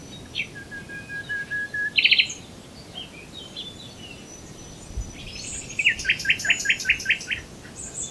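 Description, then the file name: Common nightingale song with a long flat whistle, a short buzzy burst, scattered high notes, then a quick train of repeated clipped notes. "Luscinia megarhynchos"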